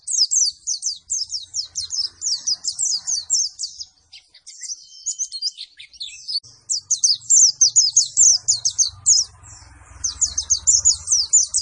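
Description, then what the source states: White-eye singing in long, fast runs of thin, high twittering notes, briefly dipping quieter midway before resuming, over a soft low background hum. Energetic 'gacor' singing after being doped with Metabolis and You C 1000.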